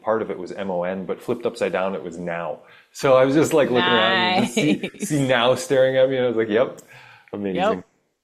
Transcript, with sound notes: part of it was M-O-N, but flipped upside down, it was now. So, I was just, like, looking around and you could see-
Nice. (laughs)
... see now staring at me. And I was like, "Yep." Amazing.